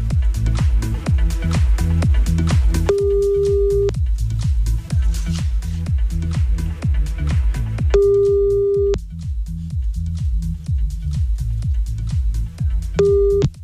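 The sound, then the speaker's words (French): A steady mid-pitched ringback tone of an outgoing telephone call at 2:36 sounds three times, each burst about a second long with several seconds between, over a loud, rhythmic music bed with a thumping beat. “On y va en appel, 2h36 ? Allons-y.”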